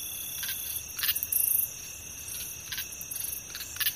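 Cricket trilling, high and steady, mixed with a run of quick rattling clicks in the middle.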